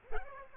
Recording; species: mosquito wingbeat signal from an infrared sensor; Aedes aegypti